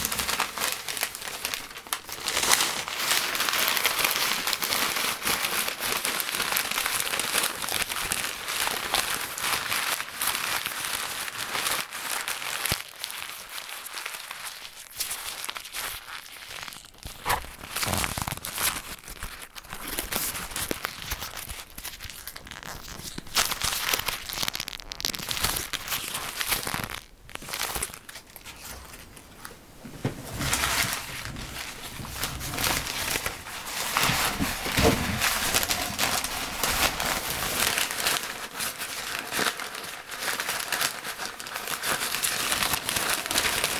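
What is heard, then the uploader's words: Newspaper being crumpled, torn and balled up, a continuous dense crinkling with bright rustle and sharp crackles throughout. The handling eases briefly around the middle, then picks up again with louder ripping bursts near the thirty-second mark. 紙の音ASMR 新聞紙をくしゃくしゃ…やぶる、しわくちゃ、丸める！paper sound.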